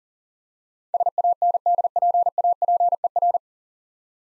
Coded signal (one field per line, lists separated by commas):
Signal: Morse code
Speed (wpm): 43 wpm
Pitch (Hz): 700 Hz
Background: none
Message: SANDPAPER